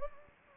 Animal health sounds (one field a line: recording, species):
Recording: mosquito wingbeat signal from an infrared sensor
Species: Anopheles gambiae